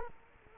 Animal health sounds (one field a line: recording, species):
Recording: mosquito wingbeat signal from an infrared sensor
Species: Culex quinquefasciatus